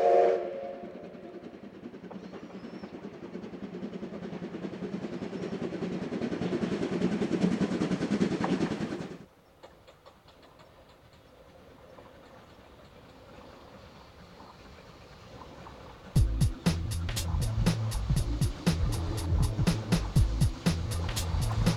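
A steam train on a mainline railway: a loud, dense rumble swells for the first nine seconds, then drops abruptly to a quiet, thin background. At about sixteen seconds a fast, regular clatter of carriages begins and continues to the end.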